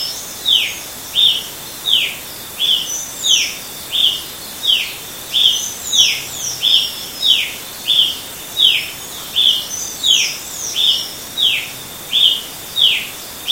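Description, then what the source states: Brazilian tanager calling persistently with quick, emphatic chips, roughly twenty short falling notes in a steady rhythm, with a faint higher-pitched bird chattering in the background. Recorded in Itatiaia National Park, Brazil, at 6 am; date given as 10-1-14; recordist A. Silveira.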